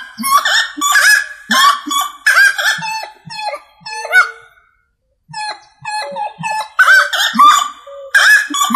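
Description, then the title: Rail calls: loud, harsh, honking cackles repeated in rapid bursts, pausing briefly midway before resuming. "LuckyFamilia RallidaeFrangoSama"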